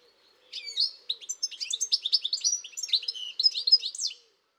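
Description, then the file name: European goldfinch giving a rapid run of bright, tinkling twitters and buzzy notes, continuous for nearly four seconds, with faint low tones beneath. "Carduelis carduelis"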